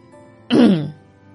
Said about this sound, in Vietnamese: Nó ho khan một tiếng rồi lấy lại bộ mặt nghiêm túc nhất có thể.